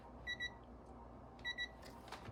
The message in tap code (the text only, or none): none